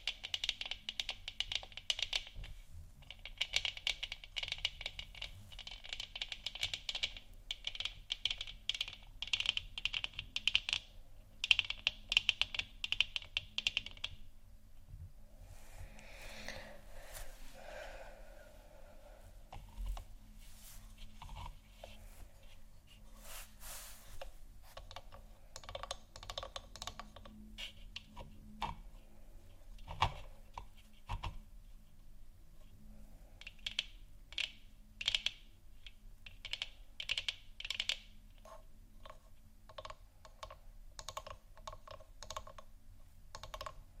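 Moon scratches and taps in quick, uneven bursts of dry clicks. The first fourteen seconds are dense and bright, like rapid typing, then a rougher, smeared scratching takes over until about 25 seconds. After that the taps thin out into scattered clusters over a faint low hum.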